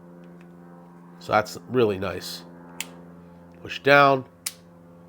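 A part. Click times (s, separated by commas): 4.5 s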